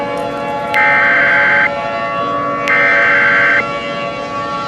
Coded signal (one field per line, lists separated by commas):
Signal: Emergency Alert System (SAME) tones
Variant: header bursts